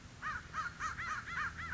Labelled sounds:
American Crow (Corvus brachyrhynchos)

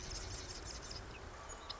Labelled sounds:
Marsh Wren (Cistothorus palustris)

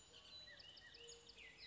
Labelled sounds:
Bullock's Oriole (Icterus bullockii)

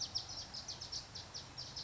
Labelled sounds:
Bewick's Wren (Thryomanes bewickii)

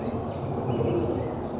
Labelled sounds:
California Towhee (Melozone crissalis)

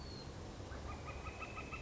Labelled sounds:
Northern Flicker (Colaptes auratus)

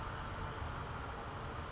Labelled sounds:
California Towhee (Melozone crissalis)

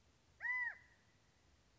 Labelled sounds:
California Quail (Callipepla californica)

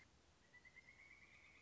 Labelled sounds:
Pileated Woodpecker (Dryocopus pileatus)

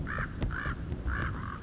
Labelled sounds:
Common Raven (Corvus corax)

